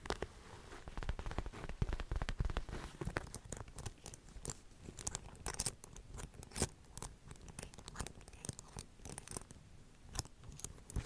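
Dry tapping and scratching runs the whole time as dense, uneven clicks and scrapes, with no steady rhythm. Sharper, louder taps stand out now and then, one of the strongest near the middle, over a soft rustly, crackling texture.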